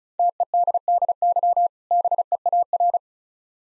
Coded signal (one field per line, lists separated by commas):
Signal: Morse code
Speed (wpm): 36 wpm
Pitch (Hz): 700 Hz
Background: none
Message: TEDDY BEAR